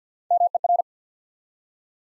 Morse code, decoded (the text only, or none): MER